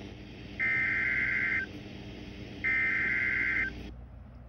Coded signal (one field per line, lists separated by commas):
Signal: Emergency Alert System (SAME) tones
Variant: header bursts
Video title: Your Typical June Afternoon- EAS Alerts from 6/16 & 6/17/22 - EAS 716-773